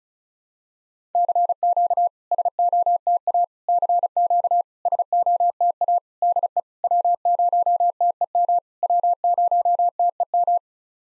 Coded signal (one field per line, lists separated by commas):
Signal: Morse code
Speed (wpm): 35 wpm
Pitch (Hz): 700 Hz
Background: none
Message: CQ SOTA CQ SOTA DE W0TEM W0TEM